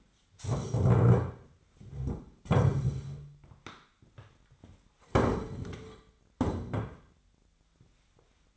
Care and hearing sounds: daily activity, microphone in the room; stand up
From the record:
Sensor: 3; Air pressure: 1008.0 hPa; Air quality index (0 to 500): 191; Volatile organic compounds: 14 ppm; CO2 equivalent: 2447 ppm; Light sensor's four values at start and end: 12/29/12/12 and 12/29/12/12

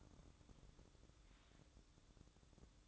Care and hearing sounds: daily activity, microphone in the room; take from stove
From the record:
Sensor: 3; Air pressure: 1008.1 hPa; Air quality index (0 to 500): 131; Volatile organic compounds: 2 ppm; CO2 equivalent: 1083 ppm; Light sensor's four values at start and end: 8/19/8/7 and 8/19/8/7

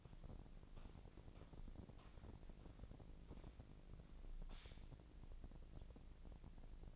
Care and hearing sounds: daily activity, microphone in the room; walk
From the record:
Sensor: 5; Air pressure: 1012.3 hPa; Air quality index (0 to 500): 158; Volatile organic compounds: 2 ppm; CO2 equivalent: 1078 ppm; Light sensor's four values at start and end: 314/756/323/360 and 314/755/322/360

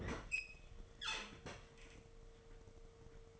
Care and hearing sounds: daily activity, microphone in the room; open fridge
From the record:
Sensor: 4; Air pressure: 1015.9 hPa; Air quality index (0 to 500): 198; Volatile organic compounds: 11 ppm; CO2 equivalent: 2278 ppm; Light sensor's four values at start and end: 17/39/16/17 and 12/27/11/12

